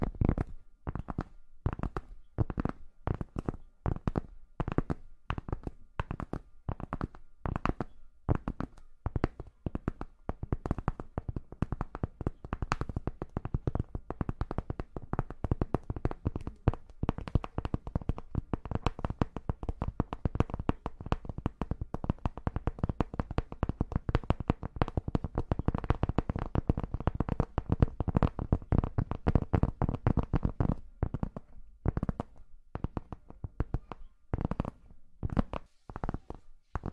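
Tapping runs through the whole clip as a dense string of sharp, short knocks. It starts sparse and uneven, thickens into a quick, nearly continuous patter between about fifteen and thirty seconds, then thins out again toward the end.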